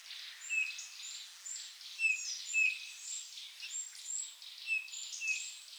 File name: Pyrrhula pyrrhula